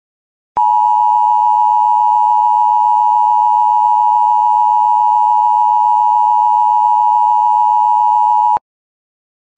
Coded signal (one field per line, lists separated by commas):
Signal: Emergency Alert System (SAME) tones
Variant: 853 and 960 Hz attention tone